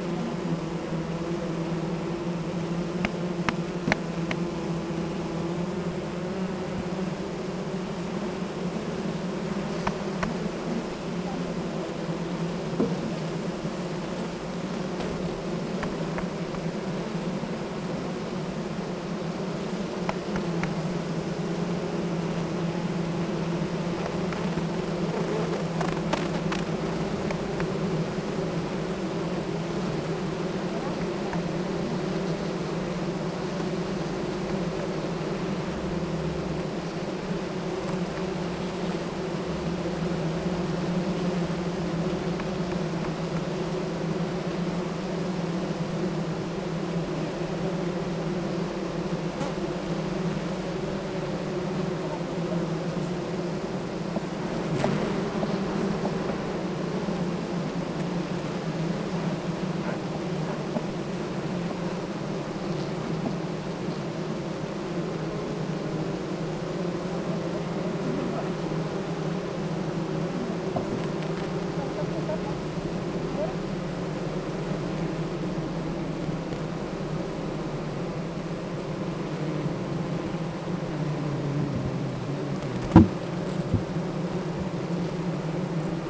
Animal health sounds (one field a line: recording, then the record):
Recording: honeybee colony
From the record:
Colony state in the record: active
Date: 28 July 2017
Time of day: 8:16